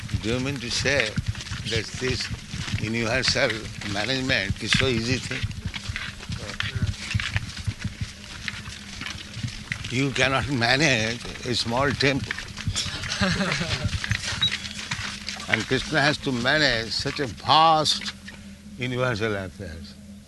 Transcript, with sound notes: Do you mean to say that this universal management is so easy thing?
No.
You cannot manage a small temple. [laughter] And Kṛṣṇa has to manage such a vast universal affairs.